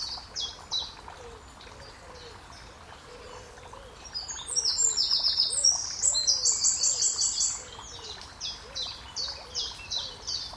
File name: Eurasian Wren, Zaun Koenig